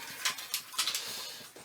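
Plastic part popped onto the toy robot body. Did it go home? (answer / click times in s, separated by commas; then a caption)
partly / 0.5 s, 0.8 s. A plastic part is popped onto a toy robot's body, giving two light clicks at 0.5 s and 0.8 s over faint handling rustle. The part goes on but does not lock in as firmly as the matching part on the other side.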